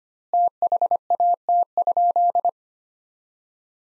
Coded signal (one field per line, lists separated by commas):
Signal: Morse code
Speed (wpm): 25 wpm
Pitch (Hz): 700 Hz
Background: none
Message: THAT?